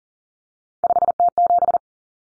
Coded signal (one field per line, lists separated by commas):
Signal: Morse code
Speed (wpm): 40 wpm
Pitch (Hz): 700 Hz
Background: none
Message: 5T7